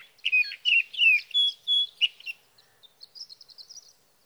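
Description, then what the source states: Sage thrasher song, six loud slurred whistles in quick succession, trailing into faint high twittering notes. Male singing through the night near his night roost, evenings June 12 to mornings June 15, 2018, Sierra Valley, California; Swift recorder.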